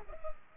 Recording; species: mosquito wingbeat signal from an infrared sensor; Culex pipiens